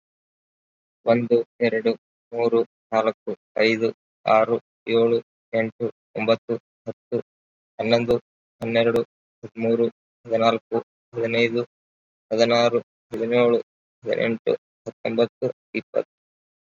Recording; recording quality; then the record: counting at a normal pace; excellent, no background noise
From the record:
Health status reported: COVID-19 positive, moderate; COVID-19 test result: positive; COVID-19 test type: RT-PCR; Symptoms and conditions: cough, cold, breathing difficulty, sore throat, fever, fatigue, muscle pain, loss of smell and taste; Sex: male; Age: 26 years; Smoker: no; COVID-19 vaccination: both doses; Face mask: worn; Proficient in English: no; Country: India